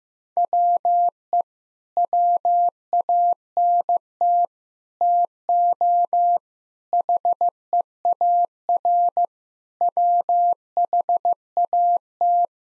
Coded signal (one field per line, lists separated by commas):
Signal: Morse code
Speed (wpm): 15 wpm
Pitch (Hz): 700 Hz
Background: none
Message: WE WANT TO HEAR WHAT